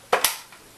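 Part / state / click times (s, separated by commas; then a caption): water tank into cordless steam iron body / seated / 0.1 s, 0.2 s. After being filled, the removable plastic water tank of a Panasonic NI-WL600 cordless multi-directional iron (stainless steel soleplate, silver and black) is put back down onto the iron body and pressed into place. Two sharp snaps are heard at about 0.1 s and 0.3 s, each followed by a short decaying tail. The tank snaps back in and is seated.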